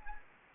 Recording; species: mosquito wingbeat signal from an infrared sensor; Anopheles gambiae